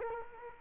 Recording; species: mosquito wingbeat signal from an infrared sensor; Culex quinquefasciatus